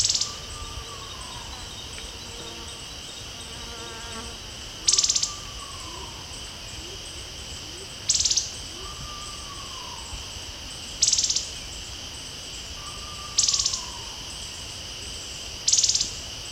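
Plumed longbill song: high dry buzzy bursts about every three seconds, with repeated soft descending whistles and a continuous insect chorus.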